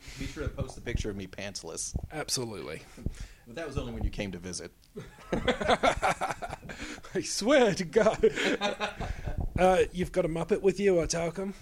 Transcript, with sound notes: Be sure to post the picture of me pantsless.
Absolutely.
That was only when you came to visit.
(Laughs) I swear to god! You’ve got a muppet with you? Talcum?